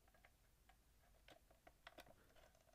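A plastic mud flap is being handled and pressed against the hull of a 1:32 diecast tank model, producing a series of light plastic ticks and taps at about 0.3, 1.3, 1.9 and 2.0 seconds. The part has not seated or clicked into place yet.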